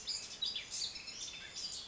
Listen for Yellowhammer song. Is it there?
no